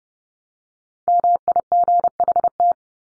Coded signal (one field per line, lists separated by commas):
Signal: Morse code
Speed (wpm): 30 wpm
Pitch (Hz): 700 Hz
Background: none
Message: MIGHT